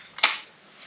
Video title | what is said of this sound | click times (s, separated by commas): The Vlad, Multi Shot Tactical Crossbow Tested | that just clicks into place | 0.2 s